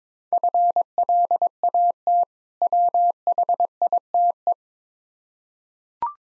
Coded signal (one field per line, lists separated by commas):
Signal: Morse code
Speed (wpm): 22 wpm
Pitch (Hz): 700 Hz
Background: none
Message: FLAT WHITE